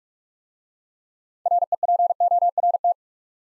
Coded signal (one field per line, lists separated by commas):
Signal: Morse code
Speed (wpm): 44 wpm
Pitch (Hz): 700 Hz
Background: none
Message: REPORT